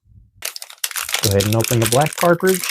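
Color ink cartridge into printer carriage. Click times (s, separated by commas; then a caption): 0.8 s. A tri-color ink cartridge is pushed into the left slot of the carriage of an HP Deskjet 2855e printer, with a few small crinkling ticks before a sharp click at 0.8 s as it snaps home and seats. Someone talks throughout.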